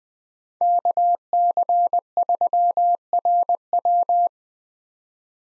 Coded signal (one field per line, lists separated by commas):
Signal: Morse code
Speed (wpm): 20 wpm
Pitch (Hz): 700 Hz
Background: none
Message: KC3RW